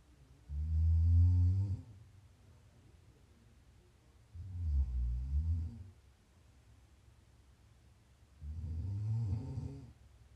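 Three low, rumbling snores from an adult sleeper, about four seconds apart, each lasting over a second with a fluttering, throaty buzz, separated by quiet breathing. Steady sleep snoring at roughly 15 breaths a minute.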